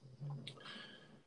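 A sleeping dog named Wilhelmina snoring.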